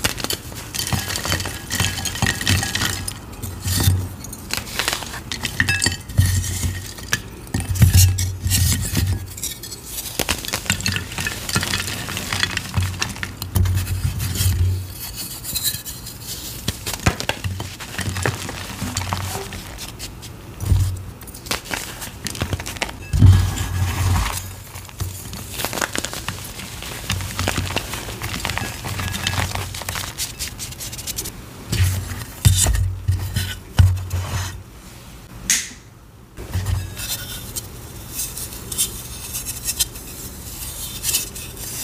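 Soft dyed gym chalk is crushed, with dense crumbly scraping, bright clicks, and brief pauses throughout.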